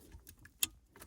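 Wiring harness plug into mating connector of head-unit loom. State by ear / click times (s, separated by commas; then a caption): seated / 0.6 s. A plastic wiring-harness plug from the Apple CarPlay interface's "octopus" loom is pushed into its mating socket behind the head unit of a 2017 BMW F20. A few faint ticks come before a sharp, bright click at 0.6 s, followed by a softer rustle near 1.0 s. The connector is seated.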